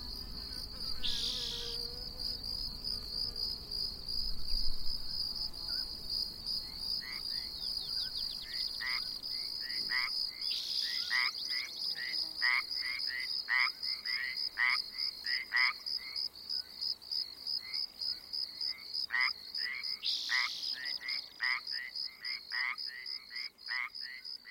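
A nature soundscape with a steady, shrill insect drone held high throughout. From about seven seconds on, frogs add a regular run of short, bright croaks, pulsing every fraction of a second. A low rumble fills the first ten seconds.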